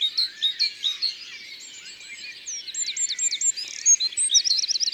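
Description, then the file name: Eurasian wren song with evenly spaced chirps first, then quick high notes and a fast rattling trill near the end. Recorded in the Drôme, France. "Troglodyte mignon Concerts Naturels de la Drome Studio les Trois Becs"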